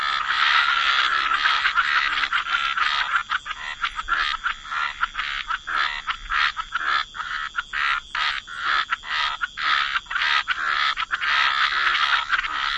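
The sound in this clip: Frog chorus, dense overlapping croaks that thin into quick separate raspy pulses and then thicken again, with a faint continuous high tone.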